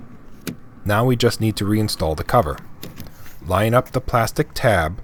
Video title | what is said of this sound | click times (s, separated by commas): Replacing the Rear Wiper Blade on a Chevy Equinox | Slide the new blade on like so until it clicks into place | 0.5 s